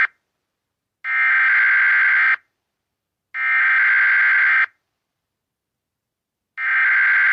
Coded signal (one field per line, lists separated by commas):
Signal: Emergency Alert System (SAME) tones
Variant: header bursts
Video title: Monster Warning | Alternate Dimension EAS